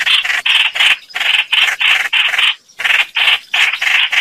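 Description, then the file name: Red-whiskered bulbul giving harsh, scratchy distress calls in quick succession, each rasp short and noisy, with one longer pause midway. Distress call, described as crying for help. "Tieng trao trao keu cuu"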